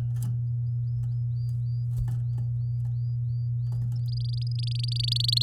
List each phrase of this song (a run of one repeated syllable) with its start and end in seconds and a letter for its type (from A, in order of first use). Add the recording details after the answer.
4.08-5.43 A. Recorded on 8 May 2018 at 12:48. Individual llb16